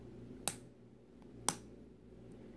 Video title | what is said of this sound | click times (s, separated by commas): Star Wars The Clone Wars R7-A7 and R7-D4 action figure review | So you can tuck those away, and the panels will close, but they will clip. Like you'll hear a small snap. | 0.5 s, 1.5 s